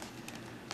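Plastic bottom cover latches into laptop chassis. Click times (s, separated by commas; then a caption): 0.3 s, 0.7 s. The plastic bottom cover of an HP TouchSmart 11 laptop is pressed in around its edges so its little plastic latches snap onto the interior of the chassis. Short, bright clicks are heard at 0.3 s and 0.7 s over a steady low background. The cover latches seat.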